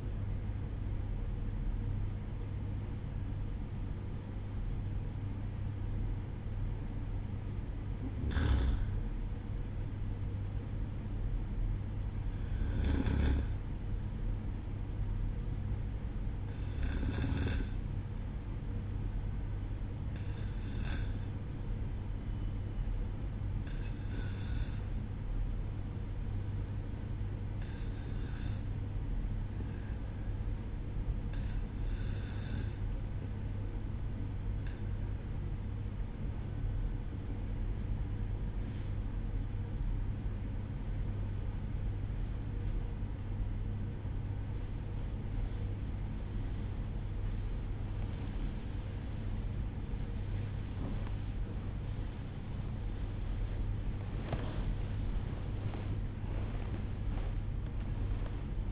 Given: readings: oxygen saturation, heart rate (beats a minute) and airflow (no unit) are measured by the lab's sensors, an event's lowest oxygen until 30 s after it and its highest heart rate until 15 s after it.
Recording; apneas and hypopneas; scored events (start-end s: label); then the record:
a person awake in a sleep study, by a smartphone at the bedside; 1
18.00-36.90 s: hypopnea (N1, oxygen 95% highest, then 94% lowest, heart rate 62 at the start, 73 highest)
26.00-56.00 s: new sleep stage, awake
30.00-58.00 s: awake
56.00-58.72 s: new sleep stage, N1 (lightest sleep)
From the record:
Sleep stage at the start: N1 (lightest sleep); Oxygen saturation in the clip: 93 to 95%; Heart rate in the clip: 62 to 76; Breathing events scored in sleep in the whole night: 305 in 9.6 hours asleep